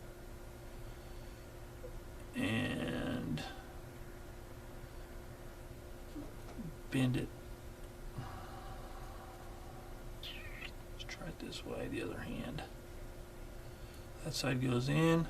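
Someone talks while bending a length of plastic link-and-length track from a Tamiya Tiger I model tank into shape and lining one end up against the adjoining track links before pressing the other side in. Soft handling rustles and brief taps come through between the words. Nothing has snapped into place yet.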